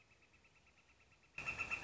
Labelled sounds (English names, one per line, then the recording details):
Northern Flicker
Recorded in Sonoma County, California